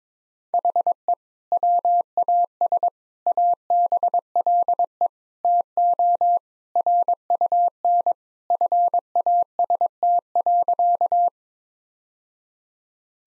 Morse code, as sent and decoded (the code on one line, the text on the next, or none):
.... . / .-- .- ... / .- -... .-.. . / - --- / .-. ..- -. / ..-. .- ... - .-.-.-
HE WAS ABLE TO RUN FAST.